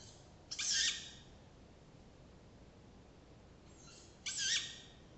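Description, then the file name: Tawny owl making two rasping, screechy calls about three and a half seconds apart, each brief and harsh, with quiet background noise between them. "waldkauz"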